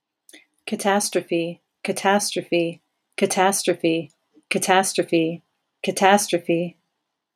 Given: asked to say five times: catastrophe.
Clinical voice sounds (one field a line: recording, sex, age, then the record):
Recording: repeated word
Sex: female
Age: 50 to 59 years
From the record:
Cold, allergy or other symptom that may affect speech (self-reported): no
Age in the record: 50 years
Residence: Ohio, United States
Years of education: 14